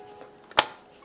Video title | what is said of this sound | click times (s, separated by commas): Полный обзор ручной овощерезки для дома Borner (Бернер) Классик. Как ей пользоваться и ухаживать. | да такой щелчок вот | 0.6 s